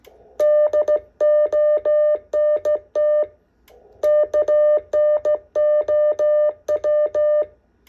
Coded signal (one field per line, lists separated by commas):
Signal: Morse code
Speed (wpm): 14 wpm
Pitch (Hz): 600 Hz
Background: none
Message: DONT KNOW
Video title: STRAIGHT KEY MORSE CODE PRACTICE